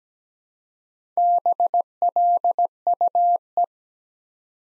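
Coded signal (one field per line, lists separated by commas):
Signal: Morse code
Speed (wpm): 17 wpm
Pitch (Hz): 700 Hz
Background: none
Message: BLUE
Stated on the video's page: Morse practice at 17 wpm building 3- to 5-letter words one letter at a time, for beginners working on instant character recognition.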